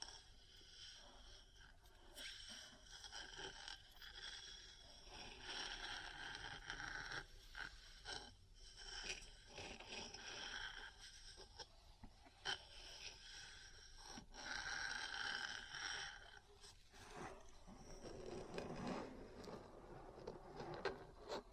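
Metal parts scrape and rub against each other in a steady, dense, bright grinding that barely lets up. Sharp taps cut through at irregular moments, around two, seven, twelve and fourteen seconds, while the scratching swells and eases in short waves.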